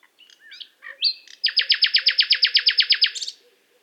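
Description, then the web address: Nightingale song: a few short chirps and a whistle, then a loud, very regular rapid series of repeated notes lasting nearly two seconds. Recorded in Qatar. "qatar birds qatar birds presentation extracts nightingale"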